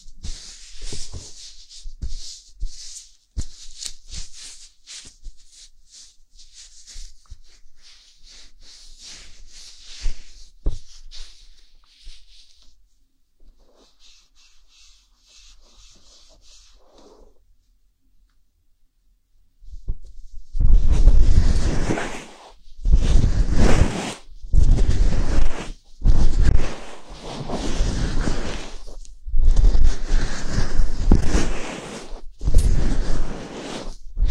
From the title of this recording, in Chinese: 梵天掏耳